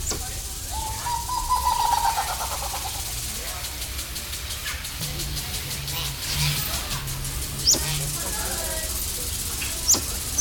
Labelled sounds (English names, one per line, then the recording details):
Helmeted Curassow call
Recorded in captivity
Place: Zoo Berlin, Berlin, DE
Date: 1996-06-01 12:44
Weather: sonnig, 22°C
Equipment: Sony MD-WM MZ-R3, Sennheiser MKH 416 T, Kopie Uher 4000 Report Monitor
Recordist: Tembrock, Günter